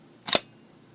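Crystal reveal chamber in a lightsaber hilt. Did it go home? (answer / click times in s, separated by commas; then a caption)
released / 0.3 s. The spring-loaded crystal reveal chamber in a lightsaber hilt is released and springs open, because its spring lets it pop open. Two sharp snaps sound at 0.3 s and 0.4 s, and a faint tap follows near the end. The chamber is confirmed released and open.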